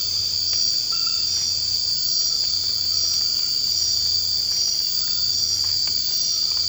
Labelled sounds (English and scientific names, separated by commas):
none